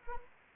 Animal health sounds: mosquito wingbeat signal from an infrared sensor; Anopheles arabiensis

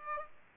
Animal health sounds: mosquito wingbeat signal from an infrared sensor; Aedes aegypti

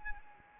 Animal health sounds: mosquito wingbeat signal from an infrared sensor; Anopheles arabiensis

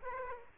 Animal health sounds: mosquito wingbeat signal from an infrared sensor; Aedes aegypti

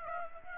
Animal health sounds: mosquito wingbeat signal from an infrared sensor; Aedes aegypti

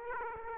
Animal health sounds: mosquito wingbeat signal from an infrared sensor; Aedes aegypti

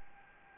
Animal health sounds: mosquito wingbeat signal from an infrared sensor; Anopheles gambiae

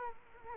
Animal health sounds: mosquito wingbeat signal from an infrared sensor; Culex quinquefasciatus

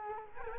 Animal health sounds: mosquito wingbeat signal from an infrared sensor; Culex quinquefasciatus

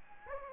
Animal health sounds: mosquito wingbeat signal from an infrared sensor; Anopheles gambiae

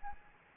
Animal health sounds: mosquito wingbeat signal from an infrared sensor; Anopheles gambiae

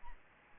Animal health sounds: mosquito wingbeat signal from an infrared sensor; Aedes albopictus

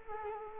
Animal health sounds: mosquito wingbeat signal from an infrared sensor; Culex quinquefasciatus

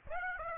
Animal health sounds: mosquito wingbeat signal from an infrared sensor; Aedes aegypti

